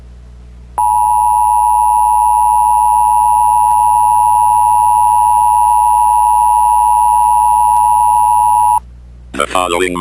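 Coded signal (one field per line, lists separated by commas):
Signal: Emergency Alert System (SAME) tones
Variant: 853 and 960 Hz attention tone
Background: speech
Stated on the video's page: Fictional EAS scenario in analog horror style, not a real alert.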